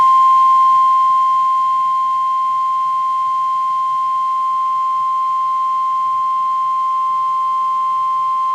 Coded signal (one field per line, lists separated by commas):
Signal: Emergency Alert System (SAME) tones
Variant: 1050 Hz attention tone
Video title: (Online #EAS #4-12) for the multi-state Severe Weather Outbreak on 5/16/2025 + WEIRD EAS GLITCH!?